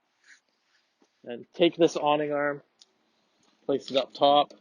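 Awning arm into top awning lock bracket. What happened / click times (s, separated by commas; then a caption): The arm is being handled and has not yet latched into its bracket / none. Someone talks while handling the awning arm of a 2021 Airstream 23FB travel trailer, lifting it toward the top awning lock bracket. Only faint small ticks are heard between the words. Nothing has seated or clicked yet.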